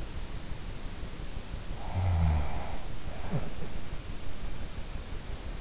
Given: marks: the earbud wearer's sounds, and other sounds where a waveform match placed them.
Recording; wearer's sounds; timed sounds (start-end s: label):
sounds in sleep by an in-ear microphone; breath
1.47-4.33 s: breath